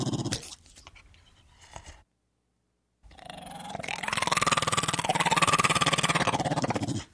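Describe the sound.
Pit bull terrier growling: a short rough rumble early on, a pause, then a long sustained throaty growl lasting about four seconds.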